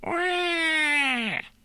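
An adult imitates a newborn's first cry after an emergency caesarean section: a single drawn-out, harmonic-rich wail of about one second. It starts near 370 Hz, sags slowly, then drops sharply in pitch before cutting off, with a creaky ending likened to an old door closing.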